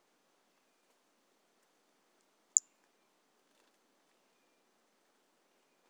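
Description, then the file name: Pumpkin toadlet giving a lone short, high-pitched click of a note amid silence. Individual 04, recorded 18 January 2018; specimen collected. "Brachycephalus mirissimus 18 jan 2018 individual 04 ex 04 A E Confetti collected MHNCI 10795"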